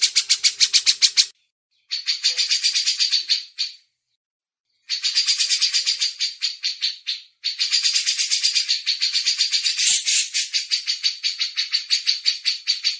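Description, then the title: Grey-cheeked bulbul producing long runs of grating, rapid pulsed chatter with a few short silences between them. Masteran tutor used as training audio. "MASTERAN CUCAK JENGGOT"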